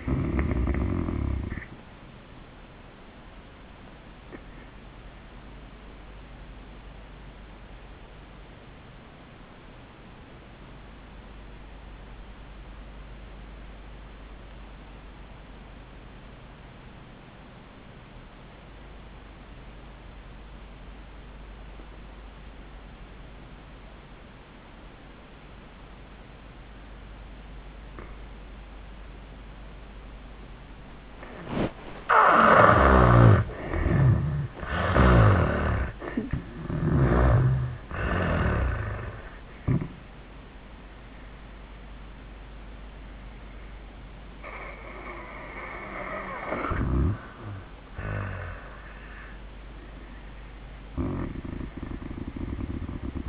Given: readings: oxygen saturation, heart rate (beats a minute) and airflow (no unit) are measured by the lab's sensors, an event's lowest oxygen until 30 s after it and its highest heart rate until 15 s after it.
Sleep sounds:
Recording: breathing in sleep by a voice recorder at the bedside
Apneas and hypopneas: 1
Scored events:
5.00-33.90 s: obstructive apnea (N1, oxygen 95% highest, then 79% lowest, heart rate 87 at the start, 93 highest)
From the record:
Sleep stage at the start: N1 (lightest sleep)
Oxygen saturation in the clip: 75 to 95%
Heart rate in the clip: 72 to 99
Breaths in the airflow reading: 4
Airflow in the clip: -26.2 to 8.9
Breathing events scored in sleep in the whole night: 400 in 8.7 hours asleep

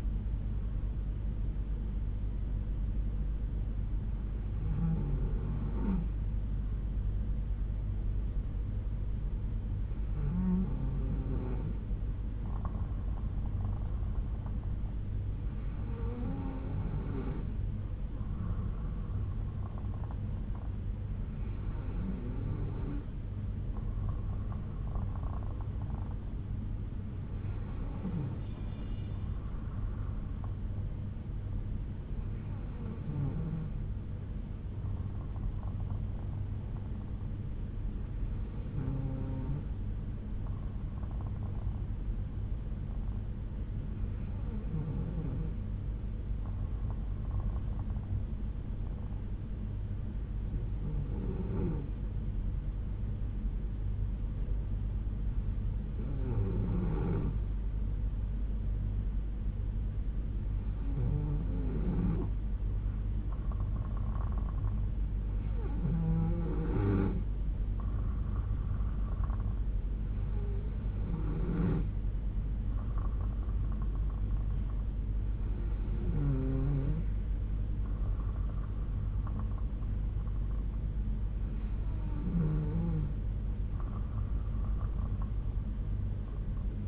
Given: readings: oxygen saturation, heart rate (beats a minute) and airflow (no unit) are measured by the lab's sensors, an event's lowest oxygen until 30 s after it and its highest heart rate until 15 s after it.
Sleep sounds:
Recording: breathing in sleep by a smartphone at the bedside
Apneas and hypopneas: 1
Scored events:
45.00-68.00 s: hypopnea (N3, oxygen 94% highest, then 91% lowest, heart rate 61 at the start, 66 highest)
From the record:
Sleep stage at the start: N3 (deep sleep)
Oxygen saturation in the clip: 91 to 94%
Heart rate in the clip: 60 to 66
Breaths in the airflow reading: 15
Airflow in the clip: -4.2 to 3.5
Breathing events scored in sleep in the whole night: 368 in 8.0 hours asleep

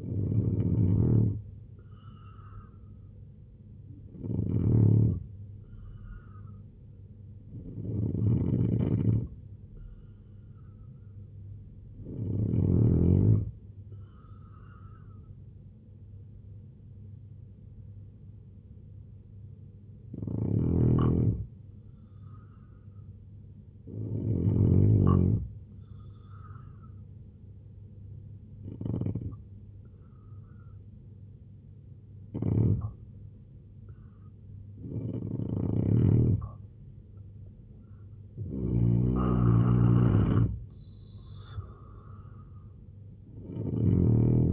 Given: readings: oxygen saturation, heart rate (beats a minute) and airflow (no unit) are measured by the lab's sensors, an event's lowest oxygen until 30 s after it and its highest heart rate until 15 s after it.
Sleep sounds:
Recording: breathing in sleep by a smartphone at the bedside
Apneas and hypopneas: 1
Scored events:
6.00-27.70 s: hypopnea (N2, oxygen 89% highest, then 83% lowest, heart rate 76 at the start, 83 highest)
From the record:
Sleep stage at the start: N2 (light sleep)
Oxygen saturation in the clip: 85 to 89%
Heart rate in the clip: 73 to 83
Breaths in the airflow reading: 10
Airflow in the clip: -4.1 to 5.5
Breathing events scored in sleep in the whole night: 258 in 7.4 hours asleep

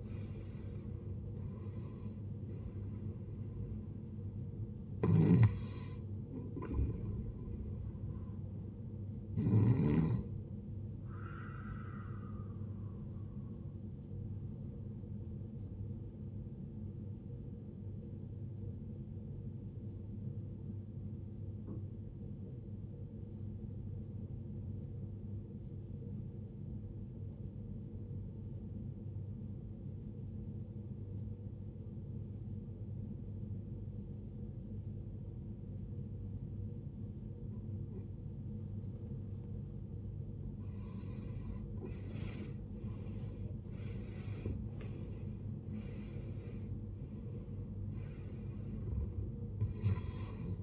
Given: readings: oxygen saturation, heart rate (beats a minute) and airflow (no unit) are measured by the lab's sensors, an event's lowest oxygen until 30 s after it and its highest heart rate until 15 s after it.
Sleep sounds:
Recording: breathing in sleep by a smartphone at the bedside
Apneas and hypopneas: 1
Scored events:
0.00-7.00 s: awake
1.00-31.00 s: new sleep stage, N2 (light sleep)
19.00-41.50 s: obstructive apnea (N2, oxygen 93% highest, then 76% lowest, heart rate 55 at the start, 81 highest)
31.00-50.63 s: new sleep stage, N1 (lightest sleep)
From the record:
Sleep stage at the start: awake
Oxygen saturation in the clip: 75 to 93%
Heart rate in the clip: 53 to 81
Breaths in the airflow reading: 8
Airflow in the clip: -17.2 to 18.8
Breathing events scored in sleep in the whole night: 389 in 6.3 hours asleep

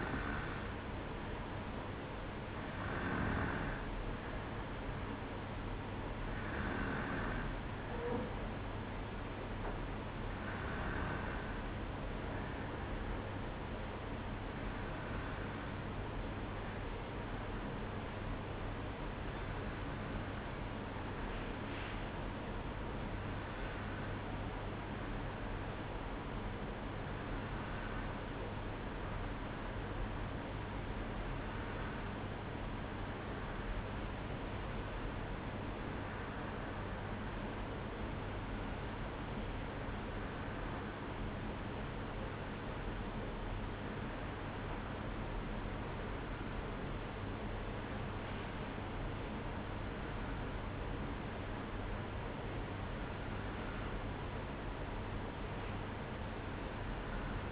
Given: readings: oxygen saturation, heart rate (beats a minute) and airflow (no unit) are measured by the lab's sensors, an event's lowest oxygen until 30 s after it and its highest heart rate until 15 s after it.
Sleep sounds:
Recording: breathing in sleep by a voice recorder at the bedside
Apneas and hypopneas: 1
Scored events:
22.00-48.90 s: hypopnea (N2, oxygen 95% highest, then 92% lowest, heart rate 59 at the start, 62 highest)
From the record:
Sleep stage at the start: N2 (light sleep)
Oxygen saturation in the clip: 92 to 95%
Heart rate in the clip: 57 to 62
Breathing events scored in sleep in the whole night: 305 in 9.6 hours asleep

